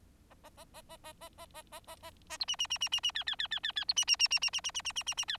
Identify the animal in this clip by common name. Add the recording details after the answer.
Bengalese Finch. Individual Bird4